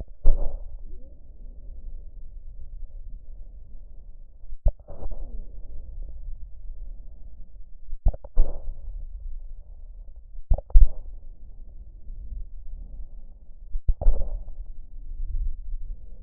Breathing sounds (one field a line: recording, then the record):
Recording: lung sounds by stethoscope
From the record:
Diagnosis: emphysema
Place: left posterior upper chest